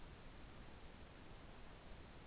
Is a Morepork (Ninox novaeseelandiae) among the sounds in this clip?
no